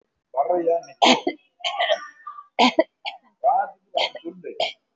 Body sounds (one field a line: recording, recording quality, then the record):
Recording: heavy voluntary cough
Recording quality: moderate, slight background noise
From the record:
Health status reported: COVID-19 positive, no symptoms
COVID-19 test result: positive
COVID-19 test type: RT-PCR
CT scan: taken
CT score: 3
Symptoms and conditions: pneumonia, another respiratory illness, hypertension, diabetes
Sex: female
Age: 68 years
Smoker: no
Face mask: worn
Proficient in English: yes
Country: India